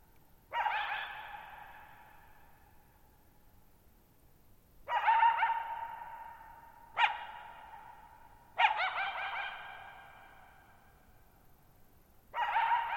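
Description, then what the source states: Coyote calling: five sharp barking calls, each starting abruptly and ringing into a long echoing tail, spaced irregularly a few seconds apart in a very quiet night setting. Lone coyote at night, July 14, 2019, near Thirtymile Meadows, Okanogan National Forest, Okanogan High Country, Pacific Northwest, 6400 ft (1950 m); high dry plateau, shallow bowl-shaped meadow with boggy ground.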